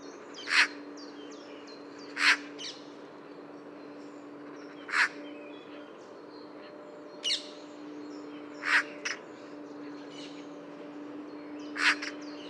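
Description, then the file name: Eurasian magpie giving short harsh rasping calls, single bursts spaced a few seconds apart, over a steady low hum. "Pica pica"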